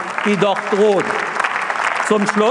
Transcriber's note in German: Beifall bei der SPD